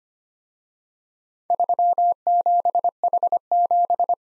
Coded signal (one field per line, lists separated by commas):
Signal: Morse code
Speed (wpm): 29 wpm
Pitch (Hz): 700 Hz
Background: none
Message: 37H7